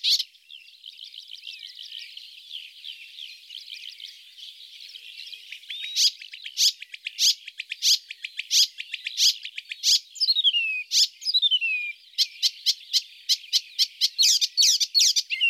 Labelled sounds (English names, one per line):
Icterine Warbler song